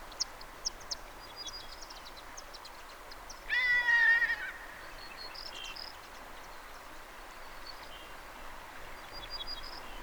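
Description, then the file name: Long-legged buzzard uttering one mewing, slightly descending call, with faint high chirps of small birds scattered before and after. "Ornvrak"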